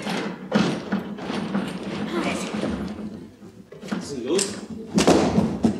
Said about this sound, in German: Sie wollen die Kanone wegschleppen! Lass die Kanone, wo sie ist!